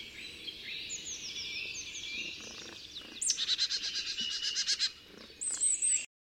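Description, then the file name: Marsh tit call: after soft twittering, a long rapid series of buzzy nasal notes, then a brief second buzzy burst before the sound cuts off. "Poecile palustris"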